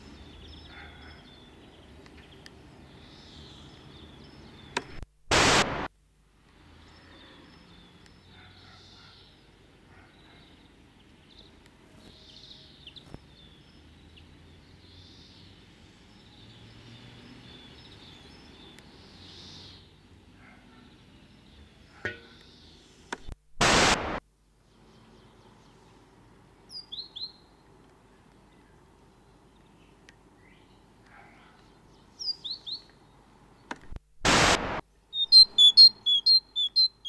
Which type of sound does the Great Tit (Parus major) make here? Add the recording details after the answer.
song. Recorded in the wild. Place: Kaiserslautern, Rheinland-Pfalz, DE. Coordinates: 49.4115, 7.7575. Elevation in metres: 399. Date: 1976-03-26. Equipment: Nagra IV, Sennheiser MKH 405, Parabolreflektor. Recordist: Tretzel, Erwin